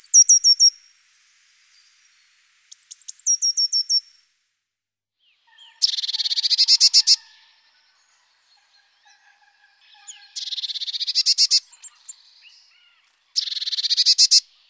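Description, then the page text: Eurasian blue tit song: high trilled phrases of six or seven notes, followed by three louder, denser buzzy trills sweeping through the upper range. "Mésange bleue. chant"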